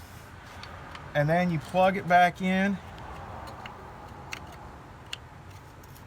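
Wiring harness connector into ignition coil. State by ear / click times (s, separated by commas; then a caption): not seated / none. During a spark plug change on a 2008 Pontiac G6 with a 2.4 L engine, the wiring harness connector is being handled to plug back onto the ignition coil. Someone talks briefly, then a quiet background follows with a few faint, short ticks around 4.3 and 5.1 seconds. Nothing has seated or clicked yet.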